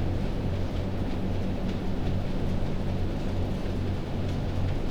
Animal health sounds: poultry house recording; no chicken sound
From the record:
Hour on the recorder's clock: 22

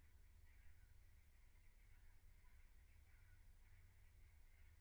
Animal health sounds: poultry house recording; no chicken sound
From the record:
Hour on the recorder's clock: 15

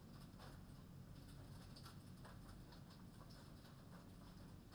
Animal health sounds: poultry house recording; no chicken sound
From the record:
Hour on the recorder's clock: 23

